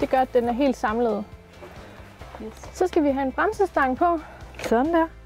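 A brake bar is being handled and fitted onto the frame of an Innopet dog stroller while a woman talks and music plays in the background. Nothing has seated or clicked yet.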